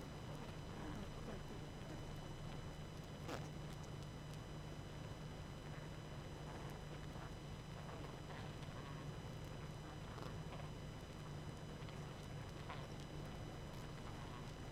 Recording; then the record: honeybee colony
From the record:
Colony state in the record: active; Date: 12 June 2018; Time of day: 21:35